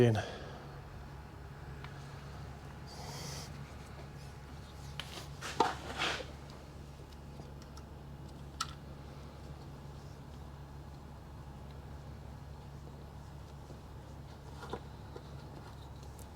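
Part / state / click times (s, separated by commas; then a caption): brake pad wear sensor into its holder on the rear brake / not seated / none. A new rear brake pad wear sensor for a 2009 BMW 1 Series Coupe 2.0 Diesel is handled at its holder on the rear brake, at the caliper or pad, with scattered light knocks and handling noises over a steady low hum while someone talks briefly. Nothing has seated or clicked yet.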